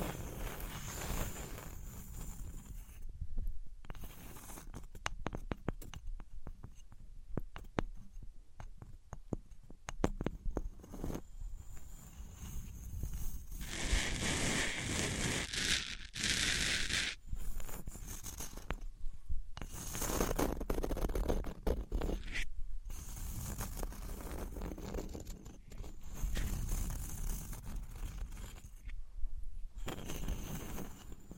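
Objects of wood, cork, sponge, foam, glass and plastic are rubbed and tapped in uneven bursts, with a bright hissing scrape around fifteen seconds.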